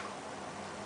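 The small plunger of a reusable plastic injection autoinjector, with its cap remover fitted, is being pushed down toward its cocked position, where it latches. Only a steady, even broadband noise is heard, with no sharp sounds. Nothing has clicked or seated yet.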